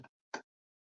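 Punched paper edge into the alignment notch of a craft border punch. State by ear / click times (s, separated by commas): seated / 0.3 s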